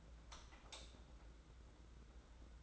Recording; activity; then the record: daily activity, microphone in the room; light on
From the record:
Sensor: 3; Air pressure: 991.9 hPa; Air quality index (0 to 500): 222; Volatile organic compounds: 1000 ppm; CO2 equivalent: 7604 ppm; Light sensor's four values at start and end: 16/39/15/14 and 16/39/15/14